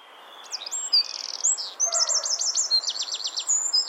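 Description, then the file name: Eurasian wren delivering a fast, very high string of chattering notes and quick trills, loud and unbroken after the first half second, against light background hiss. "Troglodytes troglodytes"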